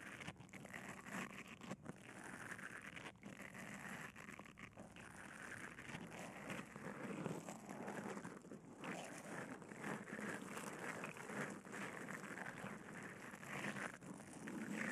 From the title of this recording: Bubble Wrap, Sponge